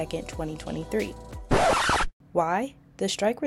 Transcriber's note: screaching halt sound